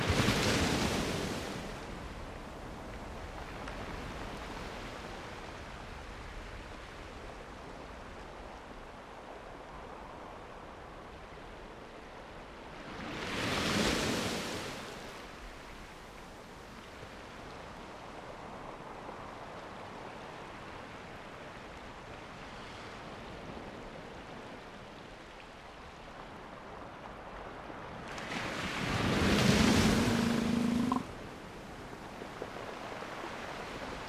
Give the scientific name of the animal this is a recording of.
Callorhinus ursinus